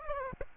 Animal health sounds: mosquito wingbeat signal from an infrared sensor; Aedes aegypti

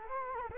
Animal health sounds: mosquito wingbeat signal from an infrared sensor; Culex quinquefasciatus

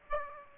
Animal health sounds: mosquito wingbeat signal from an infrared sensor; Aedes aegypti

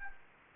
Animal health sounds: mosquito wingbeat signal from an infrared sensor; Anopheles gambiae

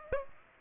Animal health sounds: mosquito wingbeat signal from an infrared sensor; Aedes aegypti

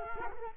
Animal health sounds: mosquito wingbeat signal from an infrared sensor; Culex quinquefasciatus

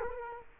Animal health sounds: mosquito wingbeat signal from an infrared sensor; Culex quinquefasciatus

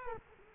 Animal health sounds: mosquito wingbeat signal from an infrared sensor; Culex quinquefasciatus

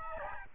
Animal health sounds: mosquito wingbeat signal from an infrared sensor; Aedes albopictus

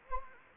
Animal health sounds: mosquito wingbeat signal from an infrared sensor; Anopheles gambiae

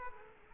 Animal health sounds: mosquito wingbeat signal from an infrared sensor; Culex quinquefasciatus

